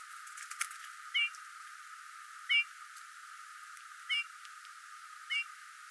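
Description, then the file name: Eurasian bullfinch calling with soft piping whistles, four single notes about every one to one and a half seconds over a faint hiss. "Pyrrhula pyrrhula"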